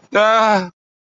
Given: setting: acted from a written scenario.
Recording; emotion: vocal sound without words; distress